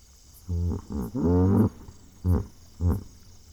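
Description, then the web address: Hippopotamus honking grunts: a run of deep, buzzy, harmonic pulses that swell in the middle and then trail off into two shorter honks, with faint rhythmic insect ticking high above. Hippopotamus vocalisations. "Hippo Vocalisation Compilation. wilderness songs"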